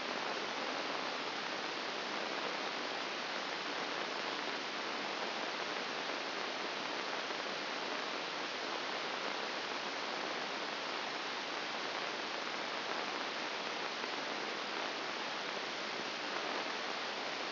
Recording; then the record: brain microelectrode recording played as sound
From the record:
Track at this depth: inside the subthalamic nucleus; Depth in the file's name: 2.704 mm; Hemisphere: left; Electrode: 2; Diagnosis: Parkinson's disease